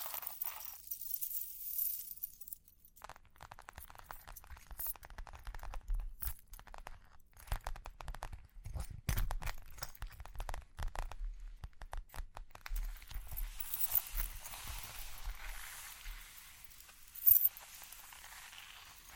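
Tapping and scratching sounds, quick, irregular and crisp, with dense clusters of taps and crinkly scrapes through the middle stretch. Soft, fizzy hissing rises toward the end, and a brief sharper rattle stands out around seventeen seconds.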